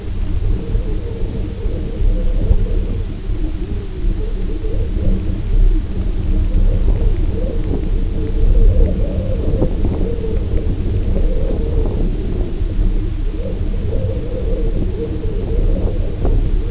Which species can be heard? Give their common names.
none